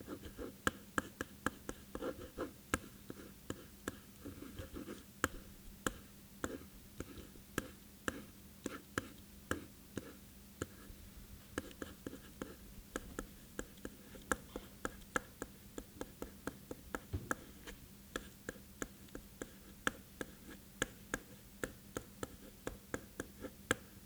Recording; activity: daily activity, guitar pickup as the sensor; write